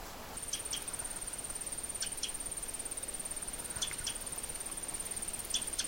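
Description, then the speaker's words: Winter wren chip calls: sharp, high chips in close pairs, under a constant thin high-pitched whine. Migrating birds in a wetland area giving a high, sharp little chip sound; they bob up and down while calling and may complain louder if approached. "Little high, sharp little chip sound. The bird is a winter wren."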